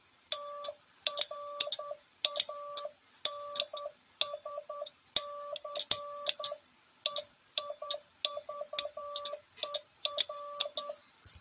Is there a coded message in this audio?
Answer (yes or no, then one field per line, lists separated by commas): yes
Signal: Morse code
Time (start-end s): 0.3-10.9 s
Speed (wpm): 10 wpm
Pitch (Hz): 1160 Hz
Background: none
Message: TRANSCEIVER